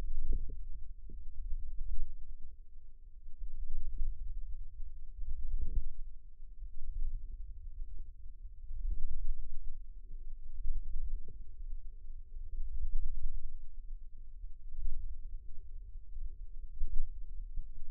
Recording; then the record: forearm muscle sounds (acoustic myography)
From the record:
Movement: wrist extension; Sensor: system 2, bracelet of six BSWA MPA416 microphones around the upper forearm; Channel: 6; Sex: female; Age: 22 years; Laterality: right